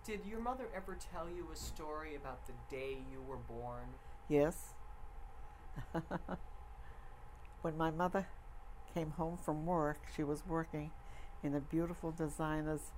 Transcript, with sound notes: Did your mother ever tell you a story about the day you were born? [chuckles]
When my mother came home from work, she was working in a beautiful designer's